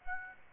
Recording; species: mosquito wingbeat signal from an infrared sensor; Aedes aegypti